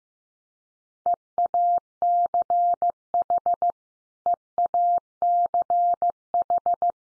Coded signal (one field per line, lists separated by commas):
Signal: Morse code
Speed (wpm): 15 wpm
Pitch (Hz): 700 Hz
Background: none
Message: EACH EACH